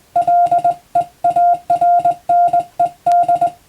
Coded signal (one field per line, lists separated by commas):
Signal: Morse code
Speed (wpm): 20 wpm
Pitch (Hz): 700 Hz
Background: music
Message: LEARNED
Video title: スマホがありながらなぜモールスなのか？自分で信号を操れる匠の技を覚えてみませんか？通信技術の原点！アマチュア無線の受信練習にも(morse code practice radio operator )